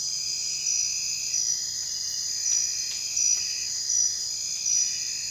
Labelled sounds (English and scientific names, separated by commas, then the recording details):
none
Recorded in dense forest near Puerto Asís, Putumayo, Colombia, on 23 June 2025 at 01:30
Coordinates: 0.468, -76.322
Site GP03